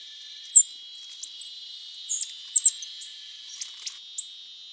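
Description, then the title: Bird uttering sharp, high chirps singly and in quick pairs, spaced irregularly, with a constant faint high tone underneath. "LuckyPassaro Completos2Sama"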